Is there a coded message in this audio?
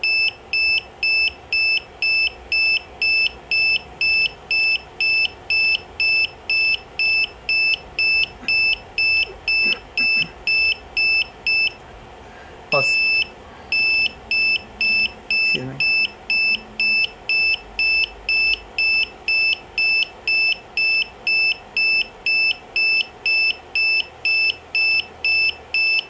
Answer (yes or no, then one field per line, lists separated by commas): no